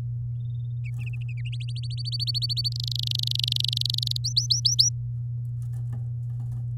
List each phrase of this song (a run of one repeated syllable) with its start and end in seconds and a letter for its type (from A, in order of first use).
1.52-2.69 A, 2.72-4.17 B, 4.24-4.89 C